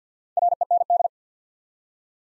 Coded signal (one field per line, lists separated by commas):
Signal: Morse code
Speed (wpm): 49 wpm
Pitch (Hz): 700 Hz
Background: none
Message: REND